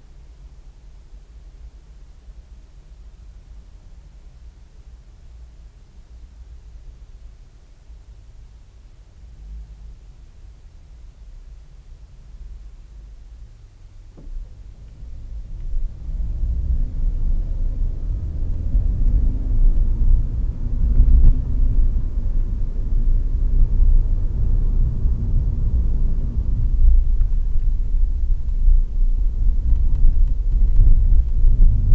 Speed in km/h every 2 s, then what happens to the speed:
0, 0, 0, 0, 0, 0, 0, 0, 24, 34, 39, 41, 41, 38, 39, 39.
0-14 standing. 14-20 pulls away to 39. 20-32 steady at about 39.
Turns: none.